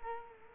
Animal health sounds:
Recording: mosquito wingbeat signal from an infrared sensor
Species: Culex quinquefasciatus

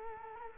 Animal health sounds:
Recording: mosquito wingbeat signal from an infrared sensor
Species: Culex quinquefasciatus

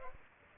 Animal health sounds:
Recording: mosquito wingbeat signal from an infrared sensor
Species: Aedes aegypti

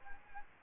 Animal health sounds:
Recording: mosquito wingbeat signal from an infrared sensor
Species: Anopheles arabiensis

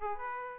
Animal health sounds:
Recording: mosquito wingbeat signal from an infrared sensor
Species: Aedes aegypti

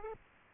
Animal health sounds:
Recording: mosquito wingbeat signal from an infrared sensor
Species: Aedes aegypti

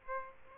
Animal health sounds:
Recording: mosquito wingbeat signal from an infrared sensor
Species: Aedes aegypti

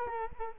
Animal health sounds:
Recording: mosquito wingbeat signal from an infrared sensor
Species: Culex quinquefasciatus

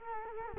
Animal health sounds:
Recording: mosquito wingbeat signal from an infrared sensor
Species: Culex quinquefasciatus

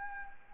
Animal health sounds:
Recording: mosquito wingbeat signal from an infrared sensor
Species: Anopheles gambiae

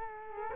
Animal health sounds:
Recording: mosquito wingbeat signal from an infrared sensor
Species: Culex quinquefasciatus

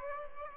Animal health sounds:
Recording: mosquito wingbeat signal from an infrared sensor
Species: Aedes aegypti

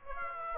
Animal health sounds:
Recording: mosquito wingbeat signal from an infrared sensor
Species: Aedes aegypti

